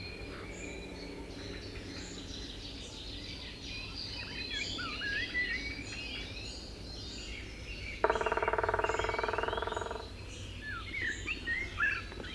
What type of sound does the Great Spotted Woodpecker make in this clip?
drumming